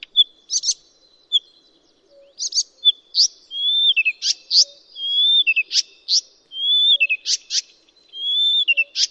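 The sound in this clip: Blyth's reed warbler song of whistled slurs followed by sharp clicking notes, phrases repeated several times with short pauses between them.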